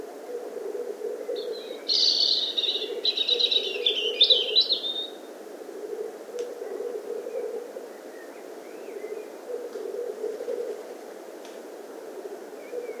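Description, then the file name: European robin singing a dense, rapid burst of high, jingling notes lasting about three seconds, then faint scattered chirps against steady low background noise. "Erithacus rubecula"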